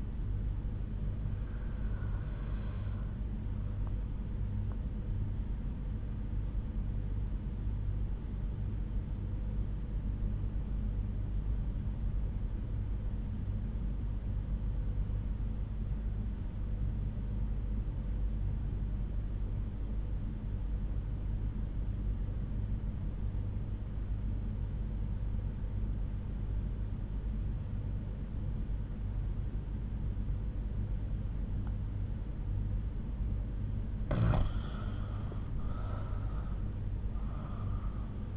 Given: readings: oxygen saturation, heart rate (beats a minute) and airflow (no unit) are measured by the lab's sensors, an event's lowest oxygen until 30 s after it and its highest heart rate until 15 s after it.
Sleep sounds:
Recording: breathing in sleep by a smartphone at the bedside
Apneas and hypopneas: 1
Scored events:
9.00-33.20 s: obstructive apnea (N1, oxygen 94% highest, then 88% lowest)
13.00-38.37 s: new sleep stage, REM sleep
From the record:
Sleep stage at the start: N1 (lightest sleep)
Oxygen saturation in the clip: 92 to 94%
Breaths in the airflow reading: 3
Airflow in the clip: -8.5 to 8.9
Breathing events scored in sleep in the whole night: 368 in 8.0 hours asleep

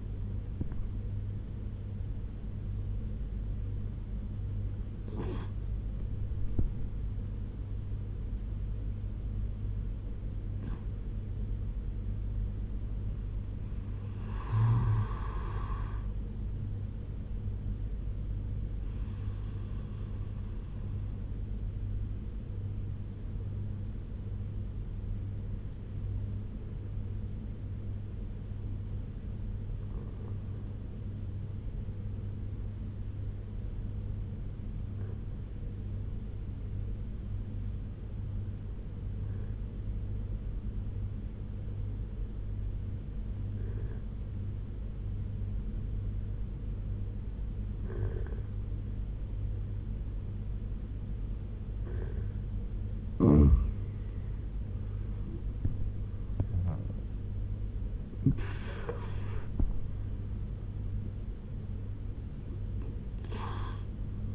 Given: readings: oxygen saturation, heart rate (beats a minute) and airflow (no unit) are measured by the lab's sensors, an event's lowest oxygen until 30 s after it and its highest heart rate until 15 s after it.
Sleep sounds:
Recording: breathing in sleep by a smartphone at the bedside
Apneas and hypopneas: 1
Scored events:
10.00-52.50 s: obstructive apnea (N2, oxygen 96% highest, then 86% lowest, heart rate 81 at the start, 86 highest)
From the record:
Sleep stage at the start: N2 (light sleep)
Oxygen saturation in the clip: 85 to 96%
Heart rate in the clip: 69 to 88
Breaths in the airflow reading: 5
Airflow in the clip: -11.8 to 12.7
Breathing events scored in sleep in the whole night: 201 in 6.5 hours asleep

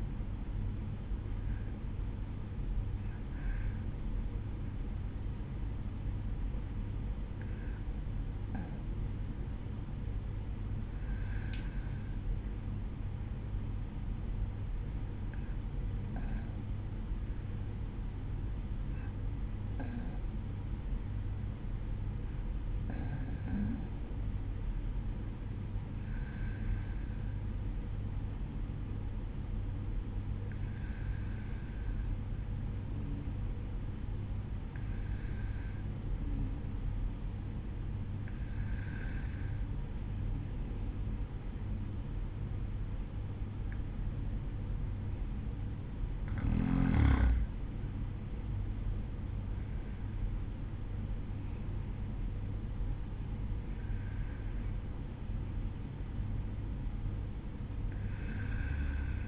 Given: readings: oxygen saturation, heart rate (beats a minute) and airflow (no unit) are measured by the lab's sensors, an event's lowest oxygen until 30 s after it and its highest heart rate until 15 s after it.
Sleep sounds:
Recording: breathing in sleep by a smartphone at the bedside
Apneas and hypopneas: 1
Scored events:
17.00-47.30 s: hypopnea (N2, oxygen 95% highest, then 93% lowest, heart rate 53 at the start, 56 highest)
48.00-59.28 s: new sleep stage, N1 (lightest sleep)
From the record:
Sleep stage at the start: N2 (light sleep)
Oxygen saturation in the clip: 93 to 95%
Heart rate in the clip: 52 to 56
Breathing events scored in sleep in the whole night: 305 in 9.6 hours asleep

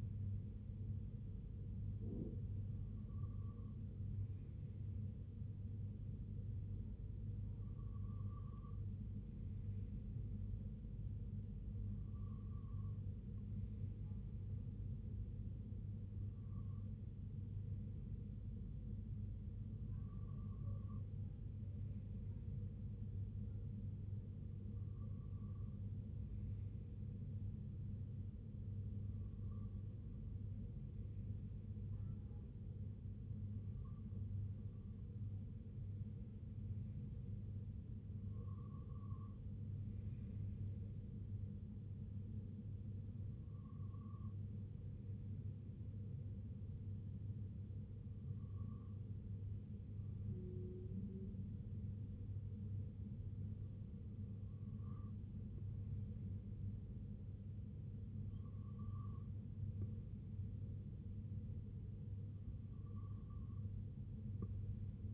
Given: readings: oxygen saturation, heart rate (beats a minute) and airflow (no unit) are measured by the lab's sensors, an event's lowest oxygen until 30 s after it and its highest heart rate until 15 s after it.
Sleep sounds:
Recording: breathing in sleep by a smartphone at the bedside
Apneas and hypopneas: 1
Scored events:
12.00-32.70 s: hypopnea (N2, oxygen 95% highest, then 94% lowest, heart rate 65 at the start, 69 highest)
25.00-65.14 s: new sleep stage, N1 (lightest sleep)
From the record:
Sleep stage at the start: N2 (light sleep)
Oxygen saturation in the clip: 94 to 96%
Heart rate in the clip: 55 to 69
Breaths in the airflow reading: 14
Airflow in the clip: -4.0 to 2.7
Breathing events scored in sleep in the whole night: 258 in 7.4 hours asleep

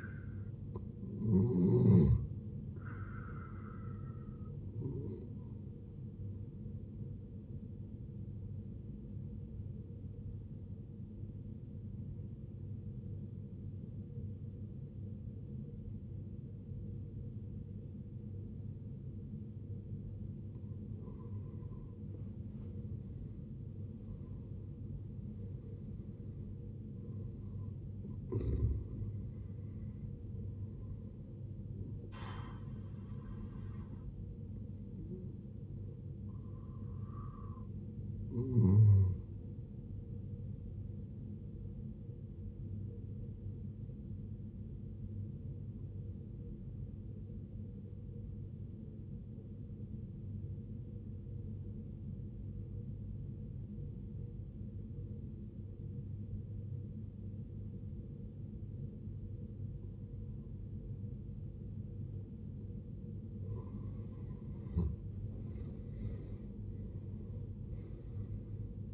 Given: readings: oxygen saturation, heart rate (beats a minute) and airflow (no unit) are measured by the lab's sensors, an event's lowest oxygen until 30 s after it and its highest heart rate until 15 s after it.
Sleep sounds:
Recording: breathing in sleep by a smartphone at the bedside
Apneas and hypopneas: 2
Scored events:
7.00-23.80 s: hypopnea (N2, oxygen 93% highest, then 82% lowest, heart rate 72 at the start, 79 highest)
17.00-47.00 s: new sleep stage, N1 (lightest sleep)
47.00-68.93 s: new sleep stage, N2 (light sleep)
49.00-63.50 s: obstructive apnea (N2, oxygen 94% highest, then 76% lowest, heart rate 59 at the start, 74 highest)
From the record:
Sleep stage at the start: N2 (light sleep)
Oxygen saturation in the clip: 80 to 94%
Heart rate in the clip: 55 to 79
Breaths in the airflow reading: 10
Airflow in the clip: -16.3 to 17.7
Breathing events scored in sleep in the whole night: 389 in 6.3 hours asleep

